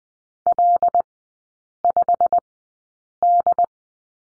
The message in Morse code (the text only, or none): L5D